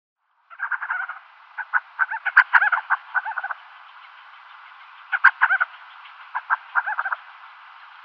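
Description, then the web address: Crowned sandgrouse calls: two bouts of rapid, throaty gurgling notes separated by a short pause, over a soft steady hiss. "Schulze Peter Crowned Sandgrouse"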